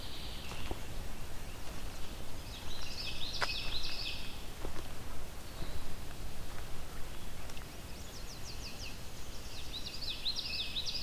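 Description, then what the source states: Common yellowthroat song: several phrases of repeated rolling, chattering notes a few seconds apart, over constant low background noise. Southern Ontario.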